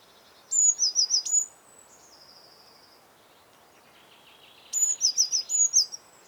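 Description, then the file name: Eurasian blue tit calls: two bursts, each a thin very high note dropping into a quick series of bouncy chevron notes, separated by about three seconds of quiet. "Cyanistes caeruleus"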